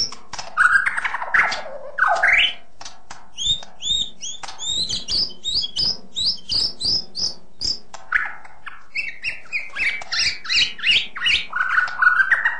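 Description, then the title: Long-tailed shrike song: harsh scratchy notes, then a long series of short paired chirps repeated rhythmically, closing with varied slurred warbling. "Kicau Burung Pentet"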